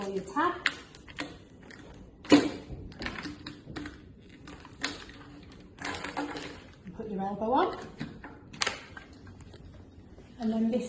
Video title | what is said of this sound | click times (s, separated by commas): How to set up high flow nasal oxygen using Airvo 2. | this slide and clicks into play so push this down and | 8.6 s